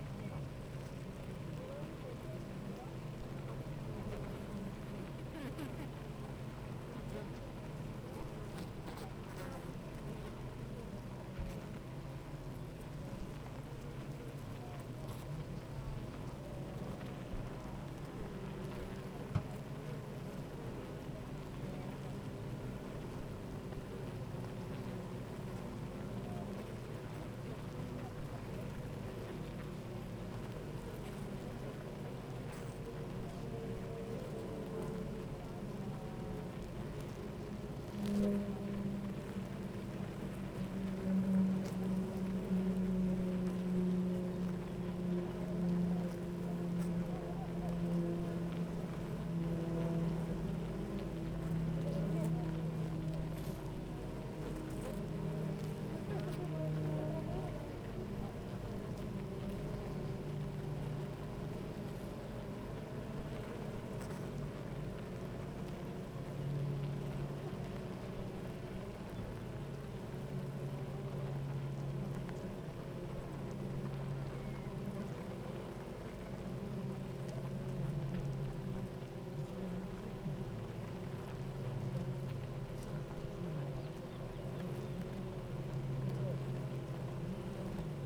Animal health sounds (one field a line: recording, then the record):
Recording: honeybee colony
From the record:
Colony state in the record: active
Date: 28 July 2017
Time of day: 8:52